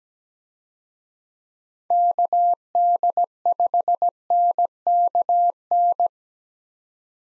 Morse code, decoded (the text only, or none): KD5NKN